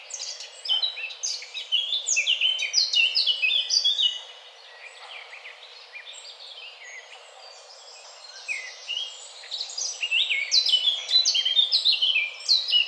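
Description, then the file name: Eurasian blackcap delivering two long bouts of rapid, jumbled warbling, separated by a quieter stretch of about five seconds. "Sylvia atricapilla"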